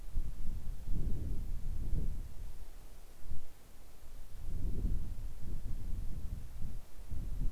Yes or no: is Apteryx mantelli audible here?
no